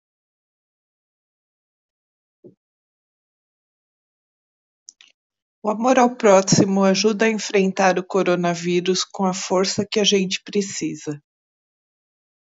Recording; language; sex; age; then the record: spoken sentence; Brazilian Portuguese; female; 50 to 59 years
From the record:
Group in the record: control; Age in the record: 53 years